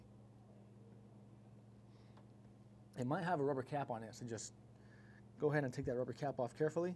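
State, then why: Not seated. A plug on a blue cable is lined up with the rear socket of an OMTech Polar laser engraver, and its rubber cap still has to come off. Someone talks over a steady low hum, and the plug has not seated or clicked yet.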